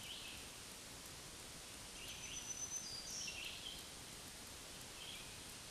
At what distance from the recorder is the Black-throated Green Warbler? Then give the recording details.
about 40 m. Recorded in a Pennsylvania forest on 1 June 2023 at 07:43. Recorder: AudioMoth, point grid3_13_high. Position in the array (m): 162 m, 137 m